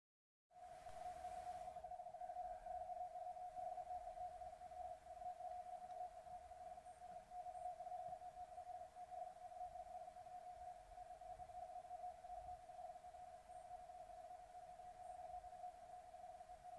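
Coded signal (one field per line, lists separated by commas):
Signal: RTTY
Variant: 50 baud, 85 Hz shift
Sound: steady warbling tone around 700 Hz with fast narrow shifting, over constant hiss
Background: radio static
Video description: Here´s a short video clip where I´m receiving marine weather forecast on LF issued by the german marine weather service DWD (Deutscher Wetterdienst).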